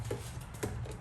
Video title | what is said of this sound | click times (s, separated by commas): G15 Mirror Cap Replacement | Now it's snapped. | 0.6 s